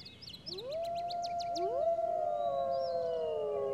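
Wolf howls, two rising calls that level into long sustained tones overlapping each other, with a few bird chirps at the start.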